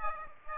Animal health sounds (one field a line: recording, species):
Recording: mosquito wingbeat signal from an infrared sensor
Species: Aedes aegypti